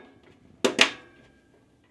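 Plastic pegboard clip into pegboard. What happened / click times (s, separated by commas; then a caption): The plastic clip snapped into the board / 0.7 s. A plastic pegboard hook/clip is pushed into the holes of a pegboard so it locks into place. A sharp click at about 0.7 s is followed by a second, louder hit at 0.8 s against a quiet background. The clip seats and locks in.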